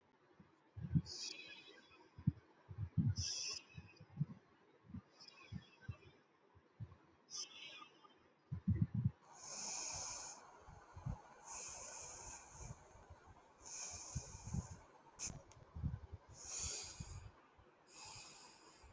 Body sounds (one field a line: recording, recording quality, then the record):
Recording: deep breathing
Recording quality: excellent, no background noise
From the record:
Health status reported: respiratory illness, not identified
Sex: male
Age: 36 years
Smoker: yes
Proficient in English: yes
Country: India